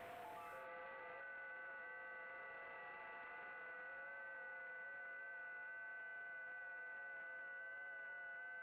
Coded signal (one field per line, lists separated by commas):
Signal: FT8